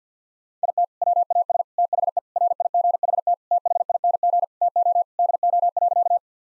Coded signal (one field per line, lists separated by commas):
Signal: Morse code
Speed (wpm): 50 wpm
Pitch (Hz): 700 Hz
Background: none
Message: IT WAS THE RIGHT THING TO DO.